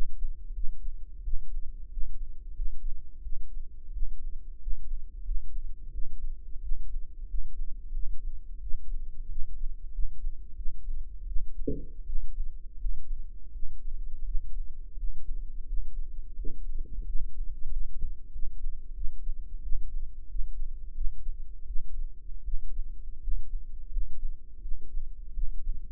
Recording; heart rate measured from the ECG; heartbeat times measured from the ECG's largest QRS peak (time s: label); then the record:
heart sounds by microphone in the right ear; 87 bpm
0.53 s: heartbeat
1.22 s: heartbeat
1.89 s: heartbeat
2.53 s: heartbeat
3.21 s: heartbeat
3.91 s: heartbeat
4.58 s: heartbeat
5.23 s: heartbeat
5.90 s: heartbeat
6.60 s: heartbeat
7.26 s: heartbeat
7.91 s: heartbeat
8.59 s: heartbeat
9.27 s: heartbeat
9.90 s: heartbeat
10.54 s: heartbeat
11.25 s: heartbeat
12.04 s: heartbeat
12.77 s: heartbeat
13.51 s: heartbeat
14.23 s: heartbeat
14.95 s: heartbeat
15.65 s: heartbeat
16.35 s: heartbeat
17.04 s: heartbeat
17.68 s: heartbeat
18.30 s: heartbeat
18.93 s: heartbeat
19.61 s: heartbeat
20.26 s: heartbeat
20.92 s: heartbeat
21.65 s: heartbeat
22.42 s: heartbeat
23.19 s: heartbeat
23.89 s: heartbeat
24.60 s: heartbeat
25.32 s: heartbeat
From the record:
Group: healthy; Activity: rest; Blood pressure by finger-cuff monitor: 123/101 mmHg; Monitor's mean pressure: 113 mmHg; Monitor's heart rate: 79 bpm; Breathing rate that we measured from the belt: 22 breaths a minute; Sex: male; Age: 21 years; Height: 180 cm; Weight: 67.5 kg